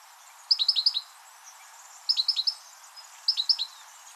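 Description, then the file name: European goldfinch calling, three crisp bursts of four to five rapid tinkling notes, over a faint steady hiss. "Carduelis carduelis"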